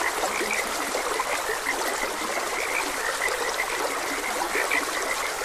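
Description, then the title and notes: Frogs croaking in a chorus of short, high chirping notes, repeated irregularly over steady rushing, trickling stream water. Frogs croaking beside a gentle stream. "Frogs Croaking. Sleep and Relaxation Podcast"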